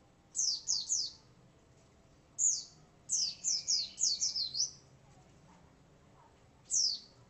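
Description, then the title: White-eye song: bursts of very high, quickly falling chirps, singly or in quick runs, separated by pauses. "Pleci"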